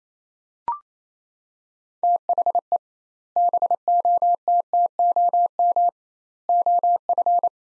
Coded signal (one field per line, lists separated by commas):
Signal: Morse code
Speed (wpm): 28 wpm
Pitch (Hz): 700 Hz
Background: none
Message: THE BOTTOM OF